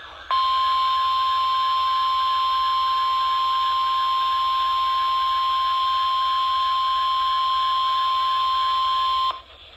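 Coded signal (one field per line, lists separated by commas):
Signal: Emergency Alert System (SAME) tones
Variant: 1050 Hz attention tone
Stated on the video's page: Compilation of alerts received across Shreveport.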